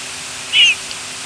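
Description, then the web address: Rose-breasted grosbeak call: one short, slightly downslurred squeaky note lasting about a fifth of a second, over a steady soft hiss. "grosbeak rbgr"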